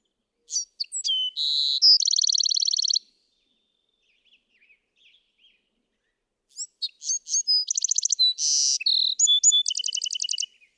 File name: Bewick's Wren